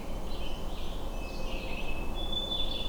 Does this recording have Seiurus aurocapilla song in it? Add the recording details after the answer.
no. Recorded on 21 June 2016 at 07:06. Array SBT-6-76